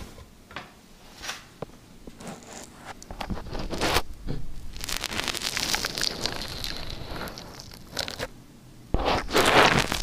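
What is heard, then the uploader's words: Liquid slime being squeezed and worked, with sticky crackles, wet pops and crunchy bursts that come every second or so. From about five seconds the squishing thickens into a denser, brighter crackling stretch, then a loud crunchy squeeze ends the clip. Liquid Slime ASMR.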